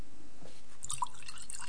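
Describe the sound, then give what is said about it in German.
A short pour of liquid into a glass at a dining table, filling a guest's glass full, with soft trickling, dripping and a few bright splashy plinks over about a second and a half. It is fairly quiet, and no one speaks. “Also, füll ihm das Glas voll, wie es sich gehört.”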